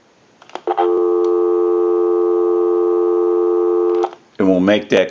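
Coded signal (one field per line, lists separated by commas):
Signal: telephone call progress tone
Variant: North America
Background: speech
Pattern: dial tone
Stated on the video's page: Call progress tone heard on an Automatic Electric rotary dial wall telephone during initial checkout and repair conversion.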